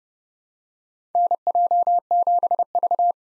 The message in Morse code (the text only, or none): NJ7V